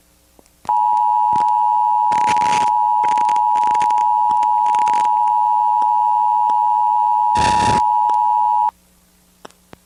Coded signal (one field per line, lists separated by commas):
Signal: Emergency Alert System (SAME) tones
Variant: 853 and 960 Hz attention tone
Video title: Nueva York (2001) EAS Alarm + EAS Alarm YouTube